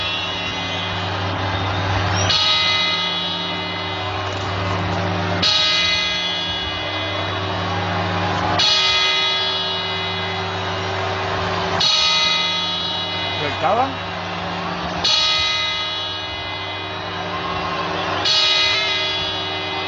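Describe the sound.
The twelve New Year's Eve midnight chimes (campanadas) on TV: deep, resonant clock-bell chimes strike slowly and evenly, about six tolls roughly three seconds apart, each ringing out and overlapping the next, with faint voices murmuring underneath.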